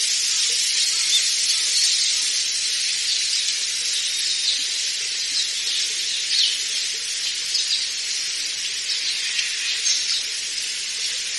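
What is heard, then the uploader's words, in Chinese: Wind stirs bamboo leaves in a dense, steady, bright rustle that hardly changes over eleven seconds, with only small swells around 1 and 6.5 seconds. There is almost no low rumble. Faint, brief bird chirps may sit inside the hiss. 春天竹林的治愈声音-风吹竹叶声和黄莺鸣叫声。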